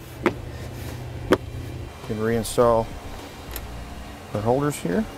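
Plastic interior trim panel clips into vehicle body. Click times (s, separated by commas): 0.3 s, 1.3 s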